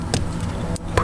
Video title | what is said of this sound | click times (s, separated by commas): Dorch Engineering Flex Fuel Kit - BMW G80 M3 | until it clicks into place so just like that okay | 0.8 s